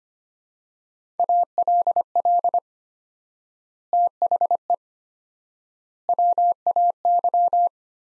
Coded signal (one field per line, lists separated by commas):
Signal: Morse code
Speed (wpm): 25 wpm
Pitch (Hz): 700 Hz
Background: none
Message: ALL THE WAY